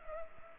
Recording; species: mosquito wingbeat signal from an infrared sensor; Culex pipiens